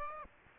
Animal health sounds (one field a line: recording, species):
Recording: mosquito wingbeat signal from an infrared sensor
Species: Aedes aegypti